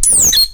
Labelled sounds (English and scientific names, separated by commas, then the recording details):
Stitchbird (Notiomystis cincta) song
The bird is a male
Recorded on Tiritiri Matangi Island, New Zealand, in 2005
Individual 7, of nest box 9